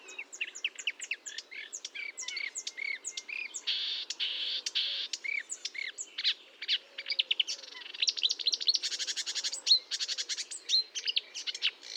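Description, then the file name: Marsh warbler song, a continuous rapid mix of clipped whistles, rising slurred notes, harsh rasping buzzes and dry clicking chatter. Fontaine-Française, Fourneau site, 1 June 2022 at 10:55; recorded with a Nagra recorder and Telinga microphone. "Rousserolle verderolle 20220601 1055 Fontaine-Francaise-Fourneau-Nagra-Telinga"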